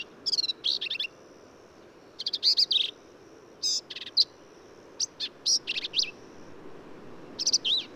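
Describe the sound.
Black-capped vireo delivering busy, scratchy high phrases with sharp chips and squeaky whistles, the phrases separated by short pauses.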